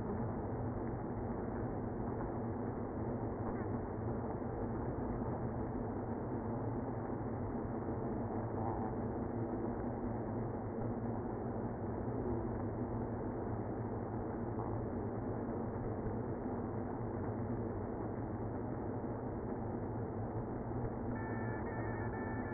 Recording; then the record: honeybee colony, microphone inside the hive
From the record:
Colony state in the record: queenless (queen removed); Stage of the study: after two queens were removed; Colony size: about 60,000 bees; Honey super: yes